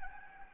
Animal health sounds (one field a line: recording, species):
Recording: mosquito wingbeat signal from an infrared sensor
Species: Anopheles gambiae